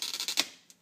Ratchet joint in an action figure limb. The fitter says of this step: Hear it click, see there, into a spot.